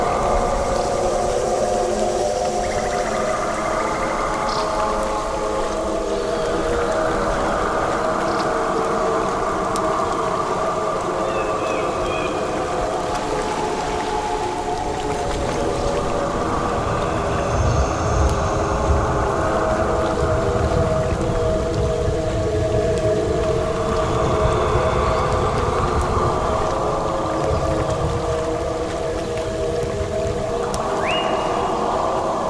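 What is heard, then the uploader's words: A jungle storm roars steadily throughout, with a deep rumbling bed and layered, droning tones in the middle range. These swell and ease every several seconds like gusts moaning through trees, and a few faint higher chirps break through around 18 and 30 seconds. Jungle Storms.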